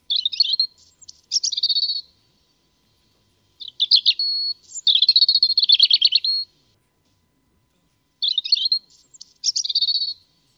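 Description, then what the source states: European robin song: three bursts of high, liquid whistled phrases with rapid trills and sharp chips, separated by short pauses. Song interspersed with short calls; whistled, rolled, fairly high-pitched, soft, liquid notes punctuated by pauses; heard all year, especially autumn and winter, nicknamed winter nightingale.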